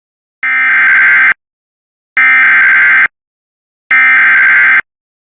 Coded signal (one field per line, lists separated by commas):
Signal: Emergency Alert System (SAME) tones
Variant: header bursts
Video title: WEEKEND SEVERITY CHAOS... (EAS ALERTS 6120-6186 FROM 08/29-31/24)